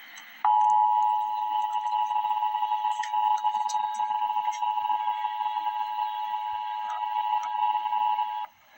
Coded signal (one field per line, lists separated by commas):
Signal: Emergency Alert System (SAME) tones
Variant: 853 and 960 Hz attention tone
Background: speech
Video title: Emergency Alert System - Extreme Cold Watch - Jan 17, 2025 at 2:09 PM EST